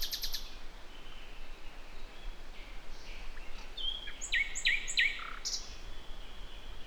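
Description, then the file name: Common nightingale song: a brief high burst, then quiet, then several repeated high whistled notes and lower trilled notes, over a constant low rumble. "Luscinia megarhynchos"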